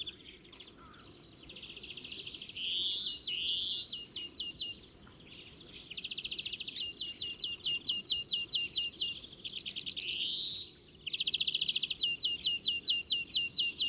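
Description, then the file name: European greenfinch song of fast repeated trilled phrases and rising wheezy notes, nearly unbroken, over soft background noise. "Chloris chloris"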